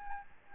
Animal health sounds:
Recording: mosquito wingbeat signal from an infrared sensor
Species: Aedes albopictus

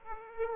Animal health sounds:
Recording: mosquito wingbeat signal from an infrared sensor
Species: Aedes aegypti

